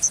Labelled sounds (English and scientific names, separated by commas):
Chestnut-sided Warbler (Setophaga pensylvanica) flight call